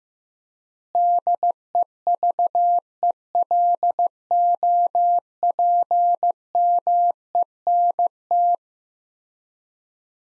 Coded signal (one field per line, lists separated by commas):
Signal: Morse code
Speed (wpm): 15 wpm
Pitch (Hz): 700 Hz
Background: none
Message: DEVELOPMENT